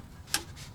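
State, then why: Torque reached. A click-type torque wrench set to about 17 tightens the fuel line fitting on a new in-line fuel filter on a Daihatsu Hijet kei truck, part of a fuel filter change to stop bucking and jerking. A single sharp, bright click sounds at 0.3 s over a quiet low background hum. The wrench clicks at its setting, confirming the fitting is torqued.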